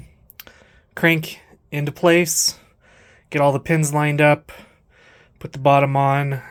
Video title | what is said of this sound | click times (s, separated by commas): Kawasaki 1500 / 1100 SXR Conversion Full Build | kind of locking everything into place so that's where it's dropping down into that | 0.3 s, 0.4 s